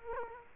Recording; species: mosquito wingbeat signal from an infrared sensor; Culex quinquefasciatus